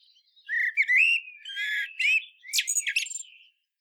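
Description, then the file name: Common blackbird singing a mellow whistled warble that runs into a burst of high, squeaky twittering notes before falling quiet. "Turdus merula"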